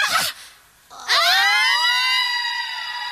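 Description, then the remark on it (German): A brief harsh burst of noise, then a loud, high-pitched shriek from women astrologers screaming in New York, swooping upward and holding steady for about two seconds, slowly fading slightly. “Die Astrologinnen erheben ein derartiges Geschrei, dass halb New York aufwacht.”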